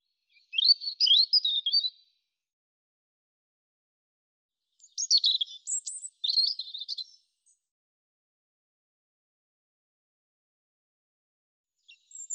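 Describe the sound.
European robin delivering a few high, wavering warbled phrases separated by long silent gaps.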